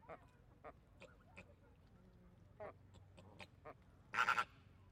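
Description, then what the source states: Flamingo calls, a few scattered nasal honks spaced irregularly over a low background hum, ending with a loud harsh burst of calling. Flamingos in a zoo park.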